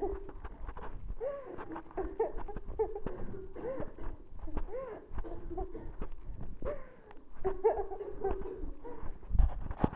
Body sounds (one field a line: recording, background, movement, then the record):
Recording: laughter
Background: a bystander coughing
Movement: walking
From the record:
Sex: female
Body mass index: 18.8 kg/m2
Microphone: on the chest, facing the body